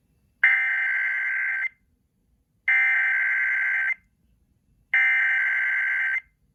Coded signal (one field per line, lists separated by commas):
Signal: Emergency Alert System (SAME) tones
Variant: header bursts